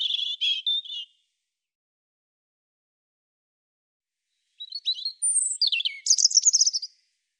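European robin song in two bursts: a brief warbled phrase at the start, then after a long pause a high, twittering, tinkling run of notes.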